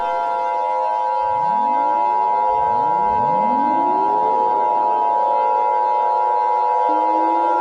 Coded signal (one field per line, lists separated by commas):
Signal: Emergency Alert System (SAME) tones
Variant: 853 and 960 Hz attention tone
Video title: EAS Scenario #38: Minecraft Attack